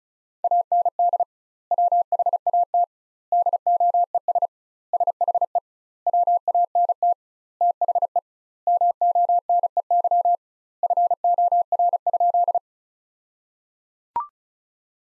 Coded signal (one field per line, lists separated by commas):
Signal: Morse code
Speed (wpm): 34 wpm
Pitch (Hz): 700 Hz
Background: none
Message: AND WHAT DOES SHE WANT THE MONEY FOR?